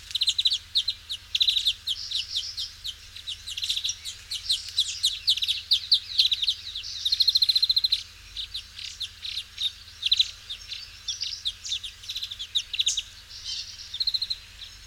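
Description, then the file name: European greenfinch twittering: a long run of rapid chirps and short trills, with buzzy rattling phrases mixed in. "Chloris chloris"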